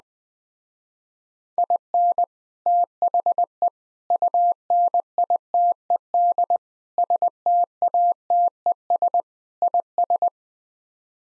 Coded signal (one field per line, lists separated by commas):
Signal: Morse code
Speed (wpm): 20 wpm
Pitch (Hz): 700 Hz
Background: none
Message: IN THE UNITED STATES IS